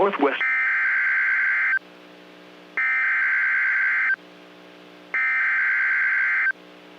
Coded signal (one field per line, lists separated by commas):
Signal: Emergency Alert System (SAME) tones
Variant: header bursts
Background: speech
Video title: EAS Compilation, Severe Weather Outbreak: March 21, 2022 on NOAA Weather Radio Station KEC55